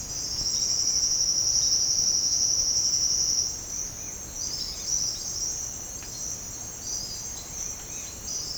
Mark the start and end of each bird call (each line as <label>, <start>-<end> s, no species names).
bird call, 0.08-3.50 s
bird call, 4.34-8.57 s